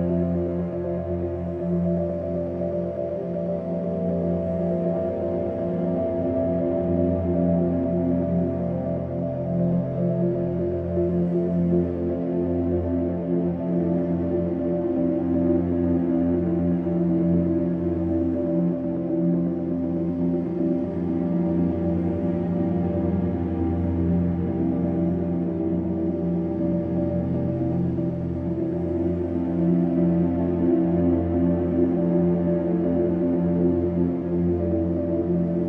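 A soft upright piano plays steadily for the whole stretch, its notes blending into warm, sustained chords in the low and middle range. The loudness stays even throughout, with gentle swells, and little brightness above the midrange.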